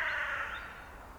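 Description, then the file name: Carrion crow: the end of a harsh, hoarse caw, fading away within about half a second. "Corvus corone"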